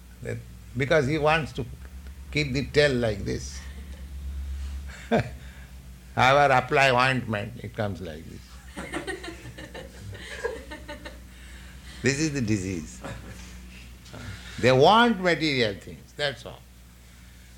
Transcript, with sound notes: Because he wants to keep the tail like this. However apply ointment, it comes like this. [laughter] This is the disease. They want material things. That's all.